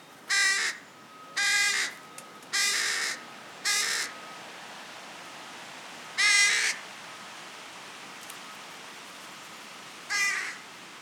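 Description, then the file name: Carrion crow giving harsh, rasping caws, mostly single, spaced irregularly throughout with a pause in the middle. "Corvus corone"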